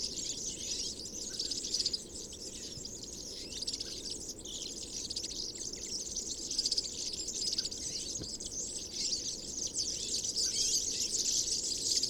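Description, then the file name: European serin-type high jingling twitter running on continuously, somewhat blurred and dense, over steady low background noise. Recorded 22 January 2017 at Binsham. "Girlitz. Binsham. Susanne Rieck"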